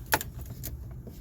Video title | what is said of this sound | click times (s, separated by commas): 08-12 Ford Escape / Focus / Mariner No Crank No Start, Diag and Ignition Module housing Replacement | like I said on this security one you just tighten this until it snaps off like | 0.1 s